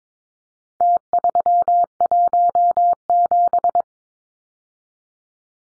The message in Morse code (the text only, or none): T317